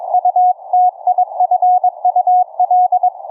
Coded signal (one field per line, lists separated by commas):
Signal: Morse code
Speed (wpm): 22 wpm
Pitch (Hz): 730 Hz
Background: none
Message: UTIFUL